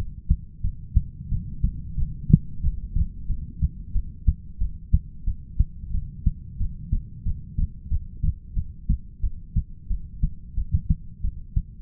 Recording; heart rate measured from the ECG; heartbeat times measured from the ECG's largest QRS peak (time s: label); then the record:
heart sounds by stethoscope; 91 bpm
0.63 s: heartbeat
1.31 s: heartbeat
1.96 s: heartbeat
2.62 s: heartbeat
3.28 s: heartbeat
3.94 s: heartbeat
4.60 s: heartbeat
5.26 s: heartbeat
5.93 s: heartbeat
6.59 s: heartbeat
7.25 s: heartbeat
7.90 s: heartbeat
8.56 s: heartbeat
9.22 s: heartbeat
9.89 s: heartbeat
10.57 s: heartbeat
11.23 s: heartbeat
From the record:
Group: heart failure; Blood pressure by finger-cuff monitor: 102/68 mmHg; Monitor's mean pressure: 80 mmHg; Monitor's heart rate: 91 bpm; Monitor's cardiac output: 7.7 L/min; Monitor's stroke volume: 84 mL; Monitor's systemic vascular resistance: 760 dyn s/cm5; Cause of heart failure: ischemic heart disease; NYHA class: 1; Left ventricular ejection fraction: 38%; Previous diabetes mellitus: present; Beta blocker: bisoprolol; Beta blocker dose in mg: 15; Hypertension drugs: sacubitril-valsartan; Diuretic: furosemide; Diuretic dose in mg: 20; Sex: male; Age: 33 years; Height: 172 cm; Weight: 78.5 kg